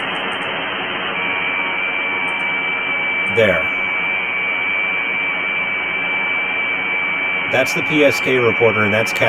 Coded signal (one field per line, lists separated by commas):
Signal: FT8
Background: speech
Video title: Wednesday Night Live DX 9-7-22